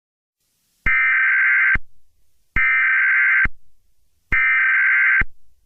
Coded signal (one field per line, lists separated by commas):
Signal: Emergency Alert System (SAME) tones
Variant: header bursts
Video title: SCP Containment Breach, EAS Scenario